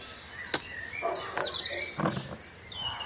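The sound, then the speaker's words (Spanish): Pigeons coo in a few low, throaty bursts, mixed with thin higher chirps and whistles from other birds and one sharp click early on. No one speaks. “este ruido de estos palomos aquí.”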